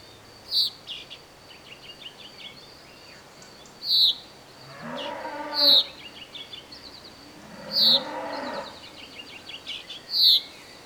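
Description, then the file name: Common chaffinch calls: five short, sharp bright notes spaced a few seconds apart, with cattle mooing twice in the background. "Fringilla coelebs"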